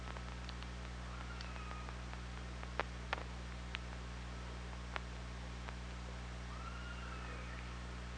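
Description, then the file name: Killer whale calls: faint tonal calls at mid pitch, with scattered sharp clicks over a steady low underwater hum and hiss. Killer whale on the OrcaLab hydrophone, 24 August 2017 at 07:29. "Orca Lab UTLN JASON 20170824 072954"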